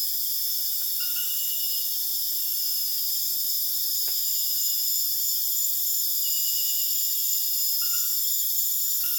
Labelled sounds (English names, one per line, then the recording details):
none
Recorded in dense forest near Puerto Asís, Putumayo, Colombia, on 25 June 2025 at 20:30
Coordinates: 0.484, -76.325
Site H65